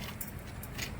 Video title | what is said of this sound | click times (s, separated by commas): Hero honda Passion bro Chain sprocket changeing in home | அவ்வளவுதாங்க பக்காவா chain link lock ஆயிடுச்சு இப்போ | 0.2 s, 0.6 s